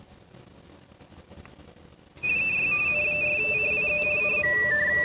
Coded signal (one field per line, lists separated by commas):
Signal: RTTY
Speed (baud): 45.45 baud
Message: KY N4CWZ M